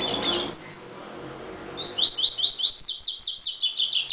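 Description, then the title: Double-collared seedeater song: a brief high warble, a short pause, then a fast run of repeated high notes. "Canto Coleiro"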